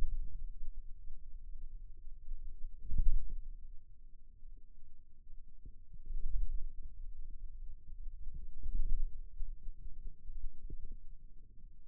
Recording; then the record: forearm muscle sounds (acoustic myography)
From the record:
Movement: hand closing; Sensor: system 2, bracelet of six BSWA MPA416 microphones around the upper forearm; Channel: 1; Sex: male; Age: 22 years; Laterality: right